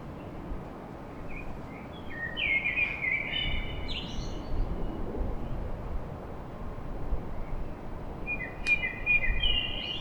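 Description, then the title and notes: Common blackbird singing two mellow whistled phrases, each closing with squeaky high notes and separated by a pause of several seconds, over a constant low traffic rumble and a faint hum. Blackbird song at dawn in Paris. "Blackbird Poetry At Paris. Enregistrement d'un chant de merle à l'aube dans Paris"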